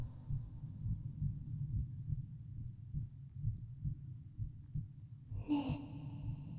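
Soft, muffled low thumps repeat steadily, a heartbeat heard from inside the body, with a brief rustle near the end.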